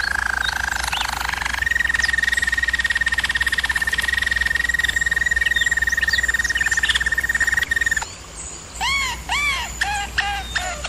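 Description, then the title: German Roller canary song holding a long even rolling trill for about six seconds, then switching to repeated looping whistled notes; a low hum is present. German Roller canary singing, for canary training. "German Roller Canary Singing - Canary Training Vid"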